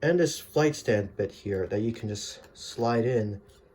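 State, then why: Not seated. Someone talks while handling the clear plastic flight-stand arm of a McFarlane Toys DC Direct Page Punchers Superman action figure, about to slide it into the peg socket of the figure's display base. Nothing has seated or clicked yet.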